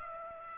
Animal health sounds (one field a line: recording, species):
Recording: mosquito wingbeat signal from an infrared sensor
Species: Aedes aegypti